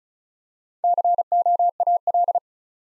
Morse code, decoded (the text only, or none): COAL